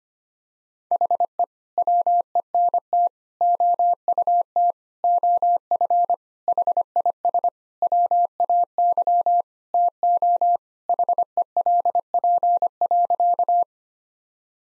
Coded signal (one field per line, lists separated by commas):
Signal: Morse code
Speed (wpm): 25 wpm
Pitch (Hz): 700 Hz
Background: none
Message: HE WENT OUT OF HIS WAY TO HELP.